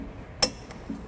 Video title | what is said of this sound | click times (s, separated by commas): 2019 Toyota Sienna Trailer Hitch Installation | When you heard that click, you know that they're tight. | 0.4 s